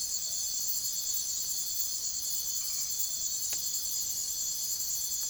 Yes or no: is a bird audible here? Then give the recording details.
no. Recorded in secondary vegetation near Puerto Asís, Putumayo, Colombia, on 9 March 2025 at 05:00. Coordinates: 0.489, -76.322. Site G042